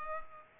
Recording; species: mosquito wingbeat signal from an infrared sensor; Culex pipiens